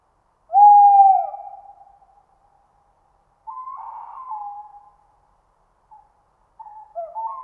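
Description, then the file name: Tawny owl hooting: a long, steady mid-pitched hoot, a pause, then a quieter wavering hoot and a final burst of short tremulous notes; no other sounds. "Chouette hulotte"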